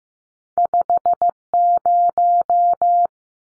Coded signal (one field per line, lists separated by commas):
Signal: Morse code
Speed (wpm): 15 wpm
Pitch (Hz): 700 Hz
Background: none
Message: 50